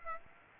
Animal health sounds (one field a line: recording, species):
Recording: mosquito wingbeat signal from an infrared sensor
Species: Aedes aegypti